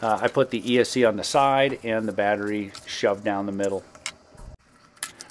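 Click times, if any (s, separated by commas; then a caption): 5.0 s. The landing gear of an FMS Zero 800mm foam RC plane is pushed into its mount on the underside of the fuselage while someone talks, followed by a few small clicks and taps. It snaps firmly into place at 5.0 s and is sturdy.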